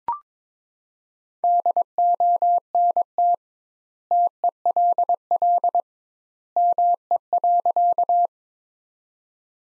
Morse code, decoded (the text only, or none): DONT TELL ME.